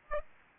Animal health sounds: mosquito wingbeat signal from an infrared sensor; Aedes aegypti

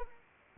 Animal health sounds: mosquito wingbeat signal from an infrared sensor; Anopheles arabiensis

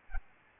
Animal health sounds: mosquito wingbeat signal from an infrared sensor; Aedes albopictus

